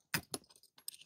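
A plastic motorcycle top box lid is being handled toward its latch, which doesn't lock on first closing and needs a firm push. Two sharp plastic knocks land at 0.1 and 0.3 s, followed by softer rattles and a light tap near 0.9 s. Nothing has seated or locked yet.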